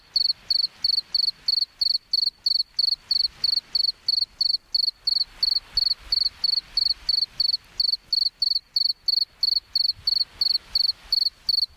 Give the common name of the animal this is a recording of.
Two-spotted Cricket